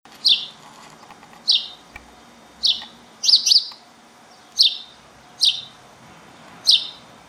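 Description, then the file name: House sparrow chirping, short bright chirps given singly and once in a quick pair, about once a second. "Passer domesticus"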